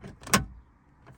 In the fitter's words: So if I get that one there, and if you listen, I'll stop talking, you'll hear a little click.